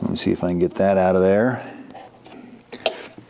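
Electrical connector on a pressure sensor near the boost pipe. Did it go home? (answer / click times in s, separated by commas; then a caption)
released / 2.9 s. Someone talks while pressing the latch on a plastic electrical connector, probably for a pressure sensor under the boost pipe of a VW Mk5 GTI during an oil filter housing replacement. A sharp click is heard at 2.9 s as the latch releases, so the connector can now be pulled off.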